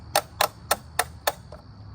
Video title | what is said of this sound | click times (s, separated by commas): Angry Dad Shows You How To Change Car Oil | you only need to go two clicks | 0.2 s, 0.4 s, 0.7 s, 1.0 s, 1.3 s